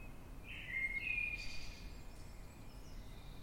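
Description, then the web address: Eurasian blackbird giving one short fluty whistled phrase, followed by faint high twittering notes, over low steady background noise. Recorded in the dead of night, 3:50 am, in London, UK, on 9 March 2026. "Blackbird Dead Of Night. london uk. by eleanor mcdowall"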